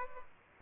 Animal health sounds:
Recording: mosquito wingbeat signal from an infrared sensor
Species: Aedes aegypti

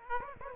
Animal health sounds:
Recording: mosquito wingbeat signal from an infrared sensor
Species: Aedes aegypti

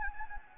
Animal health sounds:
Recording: mosquito wingbeat signal from an infrared sensor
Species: Anopheles gambiae

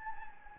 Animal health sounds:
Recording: mosquito wingbeat signal from an infrared sensor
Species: Anopheles gambiae

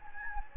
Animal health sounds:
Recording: mosquito wingbeat signal from an infrared sensor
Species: Anopheles gambiae

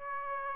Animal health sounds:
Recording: mosquito wingbeat signal from an infrared sensor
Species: Aedes aegypti

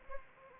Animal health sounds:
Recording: mosquito wingbeat signal from an infrared sensor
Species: Anopheles arabiensis

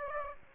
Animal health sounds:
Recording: mosquito wingbeat signal from an infrared sensor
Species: Aedes aegypti

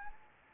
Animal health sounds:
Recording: mosquito wingbeat signal from an infrared sensor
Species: Anopheles gambiae

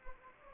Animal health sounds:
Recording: mosquito wingbeat signal from an infrared sensor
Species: Anopheles gambiae

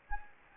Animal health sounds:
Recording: mosquito wingbeat signal from an infrared sensor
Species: Anopheles gambiae

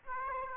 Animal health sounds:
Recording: mosquito wingbeat signal from an infrared sensor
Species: Aedes aegypti

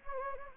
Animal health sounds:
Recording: mosquito wingbeat signal from an infrared sensor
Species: Anopheles gambiae

